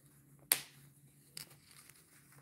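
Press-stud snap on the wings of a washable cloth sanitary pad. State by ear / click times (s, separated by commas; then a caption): seated / 0.5 s. A press-stud snap on the wings of a washable cloth sanitary pad is pressed closed by hand. A single sharp snap at 0.5 s stands out against a low background hum, followed by fainter ticks near 1.4 s and 1.9 s. The snap fastener clicks shut, seated around the wings.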